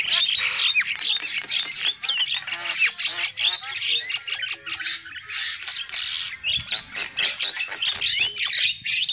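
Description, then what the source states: Lovebird calls: dense, rapid shrill chattering and sharp squawks with some upward-sweeping whistles and only brief dips. Used as a lure call for trapping lovebirds.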